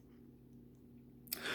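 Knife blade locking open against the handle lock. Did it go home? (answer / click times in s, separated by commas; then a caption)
yes / 1.3 s. The S35VN steel blade of a Civivi Pintail manually deployed folding knife with micarta scales is flipped open with its flipper tab. After a low steady hum, the lock engages with a single sharp click at 1.3 s, followed by broadband noise. The blade locks open into place, nice and solid.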